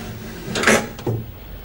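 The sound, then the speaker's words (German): A sash window covered with a thick layer of soot from passing trains is shoved upward: a short, rough wooden scrape rises and fades, followed by a softer low knock as the frame stops. No one speaks. “Schieb das Fenster hoch.”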